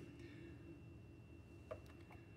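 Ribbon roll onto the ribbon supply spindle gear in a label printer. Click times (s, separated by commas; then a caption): 1.7 s. A ribbon roll is pushed against the spring mechanism of a Honeywell PC42E-T label printer, centered on the white drive gear of the ribbon supply spindle and wiggled until it locks into place. A single faint, short click at 1.7 s marks the roll seating on the gear, over a steady low background hum.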